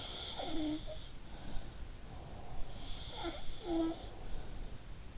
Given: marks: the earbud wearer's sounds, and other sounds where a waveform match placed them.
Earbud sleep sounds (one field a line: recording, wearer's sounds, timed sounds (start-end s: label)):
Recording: sounds in sleep by an in-ear microphone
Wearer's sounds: breath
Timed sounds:
0.00-4.79 s: sound from someone else or the room
1.91-3.29 s: breath